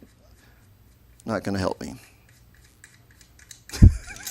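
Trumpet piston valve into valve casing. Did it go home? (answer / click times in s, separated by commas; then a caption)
yes / 3.7 s. A metal trumpet piston valve is put back into the trumpet's valve casing and twisted, with small ticks from about 2.8 s, until its guide clicks into the aligned position at 3.7 s so the holes line up in the right spot. Earlier, someone talks and there is laughter. The valve is seated.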